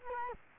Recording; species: mosquito wingbeat signal from an infrared sensor; Culex quinquefasciatus